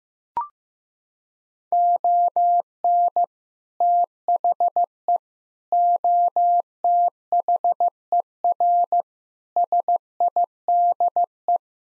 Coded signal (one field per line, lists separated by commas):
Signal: Morse code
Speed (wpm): 16 wpm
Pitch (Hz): 700 Hz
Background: none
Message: ON THE OTHER SIDE